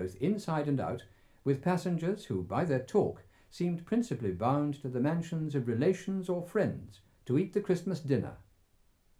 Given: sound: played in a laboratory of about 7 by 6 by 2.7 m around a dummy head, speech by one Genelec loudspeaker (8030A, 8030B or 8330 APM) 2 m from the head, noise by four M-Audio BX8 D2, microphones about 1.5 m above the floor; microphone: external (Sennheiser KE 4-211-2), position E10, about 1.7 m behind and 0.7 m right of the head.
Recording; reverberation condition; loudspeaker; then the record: male speech in English; low; behind (180 degrees)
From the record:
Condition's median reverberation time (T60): about 310 ms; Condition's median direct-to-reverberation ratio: about 3.5 dB